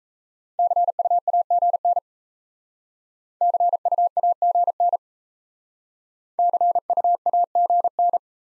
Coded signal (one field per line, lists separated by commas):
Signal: Morse code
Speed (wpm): 34 wpm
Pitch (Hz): 700 Hz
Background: none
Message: CUAGN CUAGN CUAGN